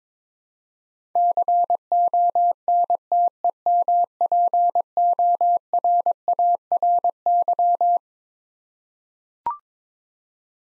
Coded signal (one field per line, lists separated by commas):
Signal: Morse code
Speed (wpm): 22 wpm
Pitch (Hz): 700 Hz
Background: none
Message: CONTEMPORARY